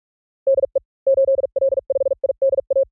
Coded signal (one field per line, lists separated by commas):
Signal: Morse code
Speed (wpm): 46 wpm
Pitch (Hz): 530 Hz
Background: none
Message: DE 8L5IDA